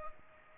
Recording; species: mosquito wingbeat signal from an infrared sensor; Culex pipiens